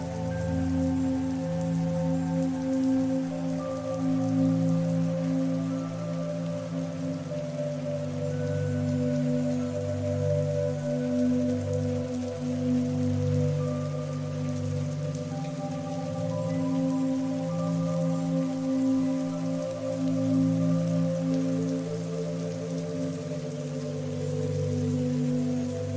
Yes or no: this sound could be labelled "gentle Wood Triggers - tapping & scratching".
no